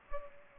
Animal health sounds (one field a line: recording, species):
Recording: mosquito wingbeat signal from an infrared sensor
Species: Culex pipiens